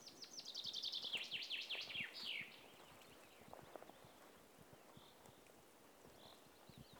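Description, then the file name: Common chaffinch song phrase in the opening seconds, a fast tumbling series of high notes ending abruptly, followed by faint clicks and low background noise. "Fringilla coelebs"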